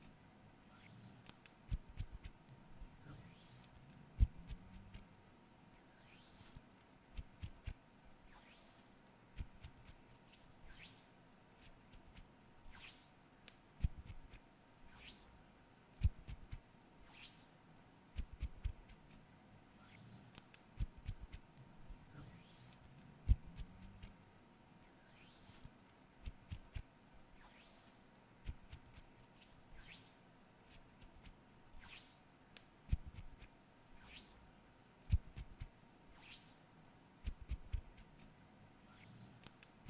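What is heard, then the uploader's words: Soft cleaning sounds: brushing and rubbing strokes that sweep in short bursts every second or two, with occasional sharp taps and clicks. A faint steady hum runs underneath, and no one speaks. ASMR FACE CLEANING, ASMR ROLE PLAY CLEANING CAMERA, NO TALKING.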